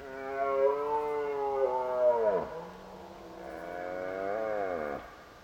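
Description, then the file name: Deer giving two drawn-out tonal moaning calls, each ending in a sharp drop in pitch. "Herten"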